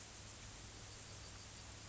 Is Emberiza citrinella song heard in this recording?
no